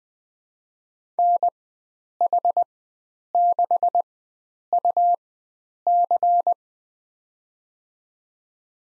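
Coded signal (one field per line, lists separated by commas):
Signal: Morse code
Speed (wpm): 20 wpm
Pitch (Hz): 700 Hz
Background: none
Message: NH6UC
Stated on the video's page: Farnsworth drill of five-character USA call signs at 20 wpm with 4x character spacing, each sent in Morse, spoken, then sent again.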